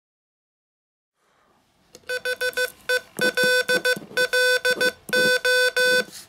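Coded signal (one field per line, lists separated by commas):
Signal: Morse code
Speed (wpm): 15 wpm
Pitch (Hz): 1500 Hz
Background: none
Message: HELLO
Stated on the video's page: Poem sent in Morse code as a soporific ASMR sound sculpture.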